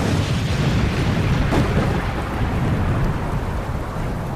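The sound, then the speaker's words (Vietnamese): A deep, rumbling blast from a mountain-blasting explosive charge being detonated, collapsing a cave entrance, rolls on continuously like thunder, loud and heavy in the low end, with a brief sharper crack partway through and a noisy, rain-like wash over it. “Chưa mắng hết câu, lại nghe một tiếng nổ rền vang như sấm.”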